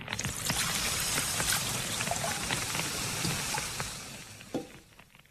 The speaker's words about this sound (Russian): Сержант, ведро воды на солому, пожалуйста.